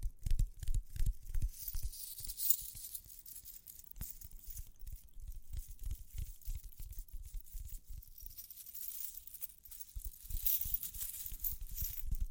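Soft tapping and scratching continue throughout, with frequent low thumps, crisp crinkly rustles, and brief bright jingling around two and ten seconds.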